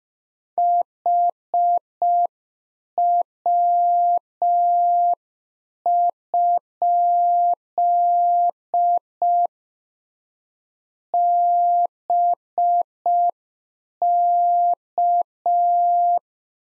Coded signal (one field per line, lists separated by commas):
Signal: Morse code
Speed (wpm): 5 wpm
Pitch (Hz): 700 Hz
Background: none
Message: HW? BK